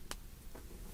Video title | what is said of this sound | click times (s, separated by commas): Google Pixel 2 XL Spigen Case Lineup | just like that, when you finish, listen to that click. | 0.1 s